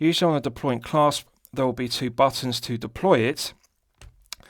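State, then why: Released. Someone talks, then a polished steel deployant clasp on a leather watch strap is popped open with a fingernail under it. A few faint clicks lead up to a sharp click at 4.3 s as the clasp releases.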